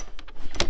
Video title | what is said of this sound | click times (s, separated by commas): Introduction/Basics to Honda Motocompacto | you hear that click and then give it a good tug and a test right | 0.6 s